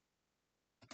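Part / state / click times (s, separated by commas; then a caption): plastic filament tube or fitting into a 3D printer add-on port / not seated / none. A plastic filament tube or fitting is pushed toward its port on an add-on for an A1 3D printer. After near silence, two short broadband handling bursts rise at about 0.8 and 0.9 s, the second louder. Nothing has seated or clicked in yet.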